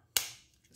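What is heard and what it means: A removable blade head is pushed back onto the plastic body of a Stylecraft Bush Whacker groomer, after being taken off for rinsing, and seats with a sharp snap at 0.2 s. The snap rings briefly before fading, followed by a faint tick near 0.7 s.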